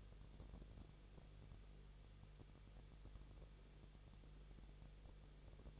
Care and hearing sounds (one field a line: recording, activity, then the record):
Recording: daily activity, microphone in the room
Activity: no activity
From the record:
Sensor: 4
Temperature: 23.1 degrees Celsius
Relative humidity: 34.1%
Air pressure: 1007.2 hPa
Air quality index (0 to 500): 215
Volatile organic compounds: 15 ppm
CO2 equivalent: 2487 ppm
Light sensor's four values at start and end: 2/3/1/1 and 2/3/1/1